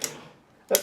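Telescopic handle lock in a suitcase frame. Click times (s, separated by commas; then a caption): 0.8 s. A telescopic suitcase handle is pulled up to full height in its suitcase frame, and the plastic lock catches with a sharp click at 0.8 seconds. The lock catches on one side only. A fainter bright tick is heard right at the start, and no one talks.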